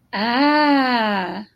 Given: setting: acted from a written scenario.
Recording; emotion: vocal sound without words; interest